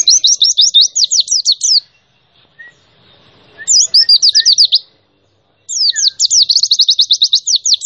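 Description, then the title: White-eye song: rapid bursts of high, sweeping chirped notes, separated by pauses with a few soft isolated notes. Song of a 2021 champion bird in the 'nembak' style, used to train other birds. "Pleci Gacor. Masteran Pleci Nembak Juara 2021"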